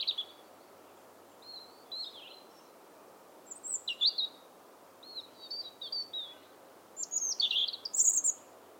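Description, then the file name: European robin song: thin, high warbled phrases with quick twittering notes, separated by short pauses and growing busier toward the end, over a steady low hiss. "Erithacus rubecula"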